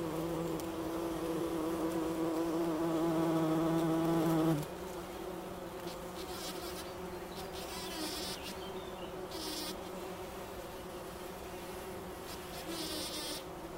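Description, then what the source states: Bumblebee buzz, loud and steady for several seconds, then cutting off abruptly to a softer background drone. Wülfel, Hannover, Germany.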